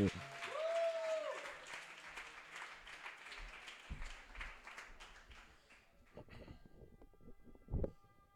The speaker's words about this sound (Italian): Un bel applauso